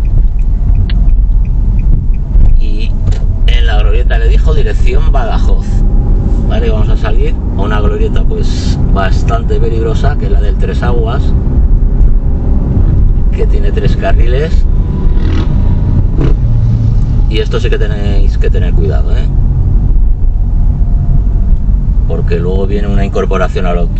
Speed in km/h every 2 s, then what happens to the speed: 22, 21, 23, 30, 33, 33, 34, 33, 28, 22, 23, 20.
3-8 speeds up to 33. 8-13 steady at about 33. 13-24 slows to 20.